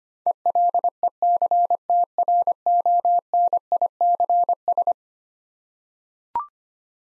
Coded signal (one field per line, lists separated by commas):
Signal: Morse code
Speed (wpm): 25 wpm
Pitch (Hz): 700 Hz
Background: none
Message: ELECTRONICS